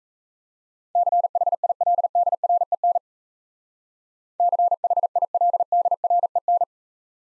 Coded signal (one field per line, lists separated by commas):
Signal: Morse code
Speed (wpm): 34 wpm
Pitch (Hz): 700 Hz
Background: none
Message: CHILDREN CHILDREN